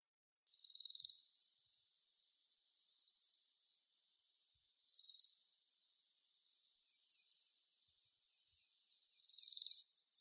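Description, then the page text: Common kestrel calls in five high, harsh bursts, each a short rasping series, with silence between. Russia. "Голоса птиц России - Обыкновенная пустельга"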